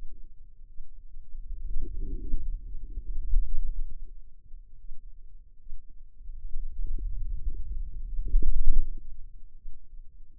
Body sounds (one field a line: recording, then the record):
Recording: forearm muscle sounds (acoustic myography)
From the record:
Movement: wrist extension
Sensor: system 2, bracelet of six BSWA MPA416 microphones around the upper forearm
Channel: 1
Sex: female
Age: 25 years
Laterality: right